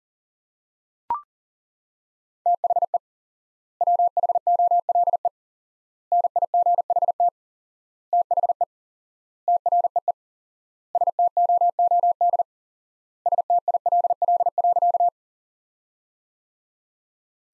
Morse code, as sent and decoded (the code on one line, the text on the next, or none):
- .... . / .-- .... --- .-.. . / -. .. --. .... - / - .... . / - .-. . . / ... - --- --- -.. / ... - .. .-.. .-.. .-.-.-
THE WHOLE NIGHT THE TREE STOOD STILL.